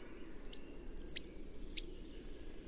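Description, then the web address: Bird calls: a continuous thin, very high twitter with a few sharp downward-plunging notes, over faint background noise. "Bird Only"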